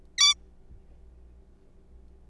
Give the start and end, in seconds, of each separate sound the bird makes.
0.18-0.34